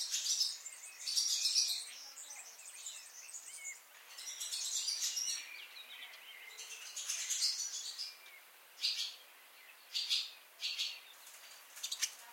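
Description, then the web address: Barn swallow song: long runs of busy twittering and chirps, then a string of short, separate high notes toward the end. "chant xeno-canto hirondelle rustique"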